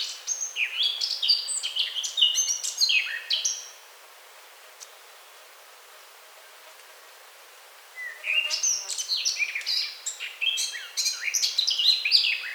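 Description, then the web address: Eurasian blackcap song, a fast jumbled warble of short varied notes, then about four seconds of quiet before another lively warbling phrase continues to the end. "SETE Sylvia atricapilla"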